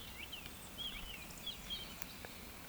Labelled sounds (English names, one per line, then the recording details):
Eurasian Woodcock whistle
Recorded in Baden-Württemberg, Germany, on 14 June 2020 at 19:57 UTC
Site 14569, 102 m above sea level